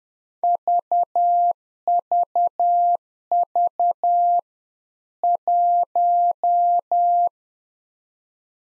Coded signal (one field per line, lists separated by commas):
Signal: Morse code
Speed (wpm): 10 wpm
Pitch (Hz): 700 Hz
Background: none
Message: VVV 1